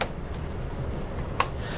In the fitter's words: so this is where I point out making sure that you have it uh fully seated you hear these two clicks